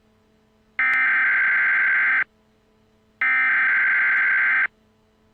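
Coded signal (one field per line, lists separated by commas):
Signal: Emergency Alert System (SAME) tones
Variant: header bursts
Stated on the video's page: Fictional EAS scenario about a hijacked signal.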